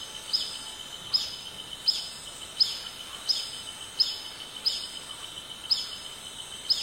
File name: canto do abelharuco preto